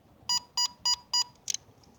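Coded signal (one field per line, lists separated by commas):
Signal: none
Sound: toy robot dog beeps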